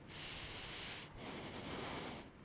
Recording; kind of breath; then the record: one breath in and out by a microphone near the nose and mouth; deep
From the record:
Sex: male